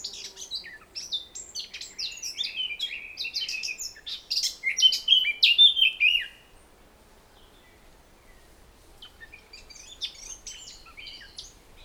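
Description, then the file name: Eurasian blackcap song, a long scratchy warble building into clearer, louder fluted notes over six seconds, then a pause before a quieter burst of chattering notes. "Sylvia atricapilla"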